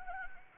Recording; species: mosquito wingbeat signal from an infrared sensor; Anopheles gambiae